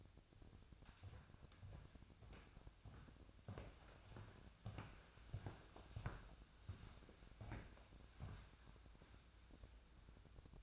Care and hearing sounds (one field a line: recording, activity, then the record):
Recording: daily activity, microphone in the room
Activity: walk to room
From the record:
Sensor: 2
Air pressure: 999.8 hPa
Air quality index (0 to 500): 116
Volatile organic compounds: 2 ppm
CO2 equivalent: 1002 ppm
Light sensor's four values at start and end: 33/78/35/40 and 32/75/34/38